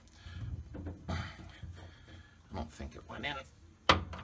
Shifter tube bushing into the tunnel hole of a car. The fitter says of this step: it is to hear it snap okay